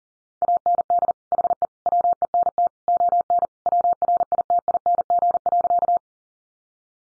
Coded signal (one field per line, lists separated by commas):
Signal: Morse code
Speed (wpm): 40 wpm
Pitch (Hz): 700 Hz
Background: none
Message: AND HE WENT ON WRITING.